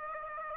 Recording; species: mosquito wingbeat signal from an infrared sensor; Aedes aegypti